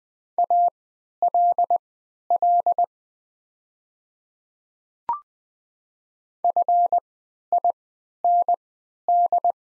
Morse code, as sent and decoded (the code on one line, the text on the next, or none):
.- .-.. .-.. / ..-. .. -. -..
ALL FIND